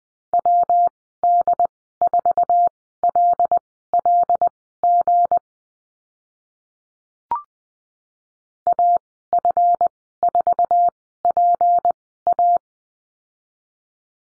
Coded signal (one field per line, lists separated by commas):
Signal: Morse code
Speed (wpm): 20 wpm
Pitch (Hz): 700 Hz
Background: none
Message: WD4LLG AF4PA